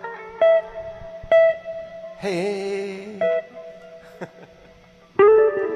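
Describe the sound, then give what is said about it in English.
Fuzz-distorted electric guitar plays a few sharply struck notes that ring out with long, buzzy sustain, broken by a louder warbling, bent passage midway, with no voices. “Do you have settings to change your fuzz?”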